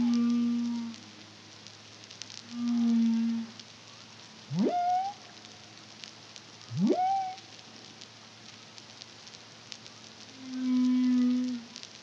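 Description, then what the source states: Humpback whale song: deep, buzzing moans alternate with two sharply rising upsweeps that level into higher tones, over steady background crackle. Caribbean, CARIMAM project, 2023.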